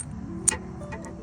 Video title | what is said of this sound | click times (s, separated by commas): How to change the spark plugs and ignition coils in a Nissan 370z (VQ37VHR) | Hear that click. | 0.5 s